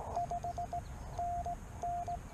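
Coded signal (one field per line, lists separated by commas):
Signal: Morse code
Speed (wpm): 15 wpm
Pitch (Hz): 690 Hz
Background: none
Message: 5 NN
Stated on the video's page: CW from a solo Parks on the Air activation, using an end-fed half-wave antenna on a travel mast.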